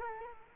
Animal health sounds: mosquito wingbeat signal from an infrared sensor; Culex quinquefasciatus

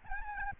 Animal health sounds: mosquito wingbeat signal from an infrared sensor; Aedes albopictus

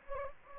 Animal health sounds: mosquito wingbeat signal from an infrared sensor; Anopheles gambiae

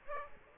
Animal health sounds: mosquito wingbeat signal from an infrared sensor; Aedes aegypti

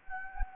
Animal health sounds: mosquito wingbeat signal from an infrared sensor; Anopheles gambiae

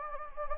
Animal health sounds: mosquito wingbeat signal from an infrared sensor; Anopheles gambiae

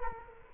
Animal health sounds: mosquito wingbeat signal from an infrared sensor; Culex quinquefasciatus

